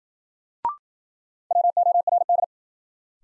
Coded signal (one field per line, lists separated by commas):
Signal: Morse code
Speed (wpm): 52 wpm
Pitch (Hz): 700 Hz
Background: none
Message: WORD